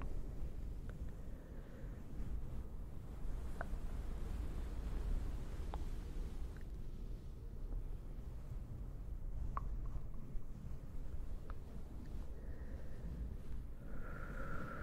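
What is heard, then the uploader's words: A low, steady rumble fills the space, dense and dark, like air moving through a hollow cave. Faint soft taps and brief brighter tones drift in around 1, 3.5, 6, 9.5 and 11 seconds, with a thin high hum appearing near the end. ASMR no talking towel and fluffy CAVE SOUNDS (delicate echo).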